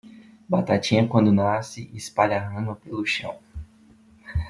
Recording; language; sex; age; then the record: short text; Brazilian Portuguese; male; 20 to 29 years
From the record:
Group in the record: control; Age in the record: 20 years